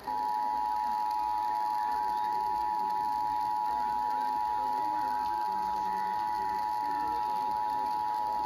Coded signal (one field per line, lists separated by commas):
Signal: Emergency Alert System (SAME) tones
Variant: 853 and 960 Hz attention tone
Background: speech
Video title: Albany NY Required Monthly Test (8/9/22)